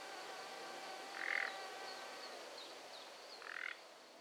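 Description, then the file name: Common nightingale with two rasping croaks about two seconds apart and faint, thin, high notes between them. "Luscinia megarhynchos"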